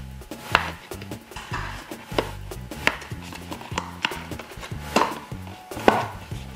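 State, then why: Seated. Colored numbered peg pieces are pressed firmly, number side facing inward, into matching holes of a cardboard constellation scope. Sharp snapping clicks sound at 0.6, 2.9, 4.1 and 5.9 seconds, with softer knocks and rubbing between them. Each piece snaps and seats in its hole.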